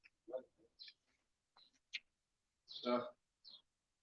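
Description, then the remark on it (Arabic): Several short, sharp clicks of a pen, scattered irregularly with brief bits of voice between them and a louder burst of speech near the end, during a religious lesson on Tafsir Ibn Kathir. “لا عندكم ذيك القلم.”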